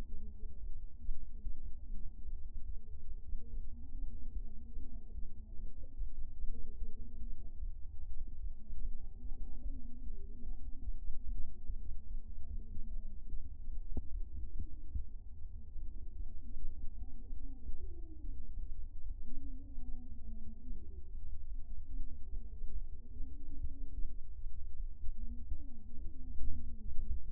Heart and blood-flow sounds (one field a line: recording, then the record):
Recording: fetal heart sounds by stethoscope on the mother's abdomen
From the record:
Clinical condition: anaemia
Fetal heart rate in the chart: 144 bpm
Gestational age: 39 weeks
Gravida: 2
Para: 1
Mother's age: 23 years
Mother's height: 158 cm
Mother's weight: 65 kg